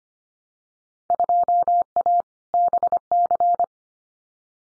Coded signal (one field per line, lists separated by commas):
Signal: Morse code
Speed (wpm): 25 wpm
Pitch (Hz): 700 Hz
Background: none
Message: 2A BC